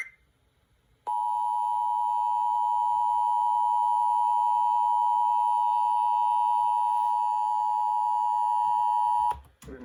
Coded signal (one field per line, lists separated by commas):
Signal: Emergency Alert System (SAME) tones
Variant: 853 and 960 Hz attention tone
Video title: Severe Thunderstorm Warning on 2/24/2023 (EAS #275)